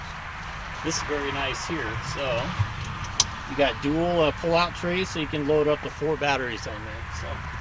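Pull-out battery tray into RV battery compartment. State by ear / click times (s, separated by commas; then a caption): not seated / none. Someone talks over the dual pull-out battery trays, which hold four batteries, in the battery compartment of a Riverstone Legacy 39FK RV while a tray is being handled. Nothing has seated or clicked into place yet.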